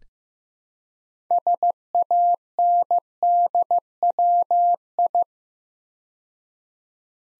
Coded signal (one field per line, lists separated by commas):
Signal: Morse code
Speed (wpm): 15 wpm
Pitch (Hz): 700 Hz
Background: none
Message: SANDWI